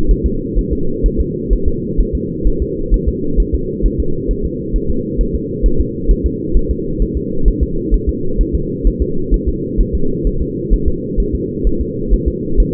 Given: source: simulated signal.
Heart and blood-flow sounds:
fetal heart sounds
0.11 s: S1
0.26 s: S2
0.59 s: S1
0.73 s: S2
1.06 s: S1
1.20 s: S2
1.53 s: S1
1.68 s: S2
2.00 s: S1
2.15 s: S2
2.47 s: S1
2.62 s: S2
2.94 s: S1
3.08 s: S2
3.40 s: S1
3.54 s: S2
3.86 s: S1
4.00 s: S2
4.31 s: S1
4.45 s: S2
4.76 s: S1
4.90 s: S2
5.21 s: S1
5.35 s: S2
5.66 s: S1
5.81 s: S2
6.11 s: S1
6.26 s: S2
6.57 s: S1
6.71 s: S2
7.02 s: S1
7.17 s: S2
7.48 s: S1
7.63 s: S2
7.94 s: S1
8.09 s: S2
8.41 s: S1
8.55 s: S2
8.87 s: S1
9.02 s: S2
9.34 s: S1
9.48 s: S2
9.81 s: S1
9.95 s: S2
10.27 s: S1
10.41 s: S2
10.73 s: S1
10.88 s: S2
11.20 s: S1
11.35 s: S2
11.67 s: S1
11.81 s: S2
12.14 s: S1
12.28 s: S2
12.60 s: S1
From the record:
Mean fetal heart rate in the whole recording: 130 bpm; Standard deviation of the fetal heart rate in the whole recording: 2 bpm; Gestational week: 36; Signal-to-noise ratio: -8.1 dB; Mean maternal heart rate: 72 bpm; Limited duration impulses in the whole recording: absent

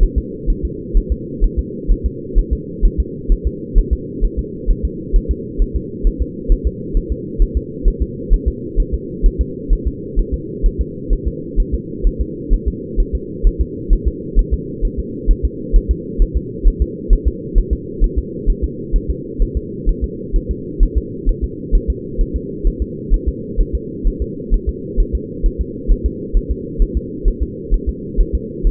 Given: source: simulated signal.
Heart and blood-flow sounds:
fetal heart sounds
0.03 s: S1
0.18 s: S2
0.50 s: S1
0.65 s: S2
0.97 s: S1
1.12 s: S2
1.44 s: S1
1.59 s: S2
1.92 s: S1
2.06 s: S2
2.39 s: S1
2.53 s: S2
2.85 s: S1
3.00 s: S2
3.32 s: S1
3.47 s: S2
3.79 s: S1
3.93 s: S2
4.25 s: S1
4.39 s: S2
4.71 s: S1
4.85 s: S2
5.16 s: S1
5.31 s: S2
5.62 s: S1
5.76 s: S2
6.07 s: S1
6.22 s: S2
6.52 s: S1
6.67 s: S2
6.97 s: S1
7.12 s: S2
7.42 s: S1
7.57 s: S2
7.88 s: S1
8.02 s: S2
8.34 s: S1
8.48 s: S2
8.80 s: S1
8.94 s: S2
9.26 s: S1
9.41 s: S2
9.73 s: S1
9.87 s: S2
10.19 s: S1
10.34 s: S2
10.66 s: S1
10.81 s: S2
11.13 s: S1
11.28 s: S2
11.60 s: S1
11.74 s: S2
12.07 s: S1
12.21 s: S2
12.54 s: S1
12.68 s: S2
13.00 s: S1
13.15 s: S2
13.47 s: S1
13.61 s: S2
13.93 s: S1
14.08 s: S2
14.39 s: S1
14.54 s: S2
14.85 s: S1
14.99 s: S2
15.31 s: S1
15.45 s: S2
15.76 s: S1
15.91 s: S2
16.22 s: S1
16.37 s: S2
16.68 s: S1
16.82 s: S2
17.13 s: S1
17.28 s: S2
17.58 s: S1
17.73 s: S2
18.04 s: S1
18.18 s: S2
18.50 s: S1
18.64 s: S2
18.96 s: S1
19.10 s: S2
19.42 s: S1
19.57 s: S2
19.89 s: S1
20.04 s: S2
20.36 s: S1
20.51 s: S2
20.83 s: S1
20.98 s: S2
21.29 s: S1
21.44 s: S2
21.75 s: S1
21.90 s: S2
22.21 s: S1
22.36 s: S2
22.67 s: S1
22.82 s: S2
23.14 s: S1
23.28 s: S2
23.61 s: S1
23.75 s: S2
24.07 s: S1
24.22 s: S2
24.54 s: S1
24.69 s: S2
25.00 s: S1
25.15 s: S2
25.46 s: S1
25.61 s: S2
25.91 s: S1
26.06 s: S2
26.37 s: S1
26.51 s: S2
26.82 s: S1
26.97 s: S2
27.28 s: S1
27.43 s: S2
27.74 s: S1
27.89 s: S2
28.20 s: S1
28.35 s: S2
28.67 s: S1
From the record:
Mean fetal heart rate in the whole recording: 130 bpm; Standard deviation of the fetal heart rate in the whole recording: 2 bpm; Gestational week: 38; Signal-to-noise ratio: -4.1 dB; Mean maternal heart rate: no maternal heart sound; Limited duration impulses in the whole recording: absent

